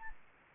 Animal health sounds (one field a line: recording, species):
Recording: mosquito wingbeat signal from an infrared sensor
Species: Anopheles arabiensis